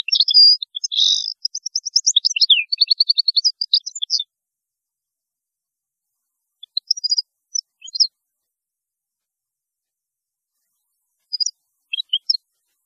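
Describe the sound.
European goldfinch song: about four seconds of lively tinkling twittering and buzzy notes, followed by scattered short chirps.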